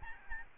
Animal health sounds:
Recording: mosquito wingbeat signal from an infrared sensor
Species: Aedes albopictus

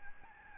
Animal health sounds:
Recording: mosquito wingbeat signal from an infrared sensor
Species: Aedes albopictus

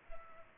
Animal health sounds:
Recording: mosquito wingbeat signal from an infrared sensor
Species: Culex pipiens

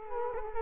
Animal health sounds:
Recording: mosquito wingbeat signal from an infrared sensor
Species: Culex quinquefasciatus

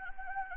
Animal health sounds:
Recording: mosquito wingbeat signal from an infrared sensor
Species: Anopheles gambiae

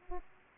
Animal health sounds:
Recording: mosquito wingbeat signal from an infrared sensor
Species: Aedes aegypti

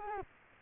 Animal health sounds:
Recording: mosquito wingbeat signal from an infrared sensor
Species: Culex quinquefasciatus

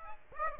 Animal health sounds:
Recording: mosquito wingbeat signal from an infrared sensor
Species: Aedes aegypti

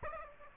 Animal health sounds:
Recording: mosquito wingbeat signal from an infrared sensor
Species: Aedes aegypti

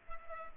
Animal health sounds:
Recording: mosquito wingbeat signal from an infrared sensor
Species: Culex pipiens

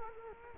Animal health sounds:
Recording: mosquito wingbeat signal from an infrared sensor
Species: Culex quinquefasciatus

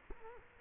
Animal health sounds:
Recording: mosquito wingbeat signal from an infrared sensor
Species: Culex quinquefasciatus

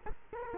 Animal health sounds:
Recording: mosquito wingbeat signal from an infrared sensor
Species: Culex quinquefasciatus

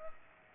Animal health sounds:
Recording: mosquito wingbeat signal from an infrared sensor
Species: Aedes aegypti

